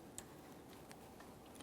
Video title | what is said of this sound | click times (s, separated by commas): How to Replace Radiator 2017-2024 GMC Acadia | press it in listen for a click | 0.2 s